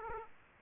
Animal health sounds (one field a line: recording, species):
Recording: mosquito wingbeat signal from an infrared sensor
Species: Aedes aegypti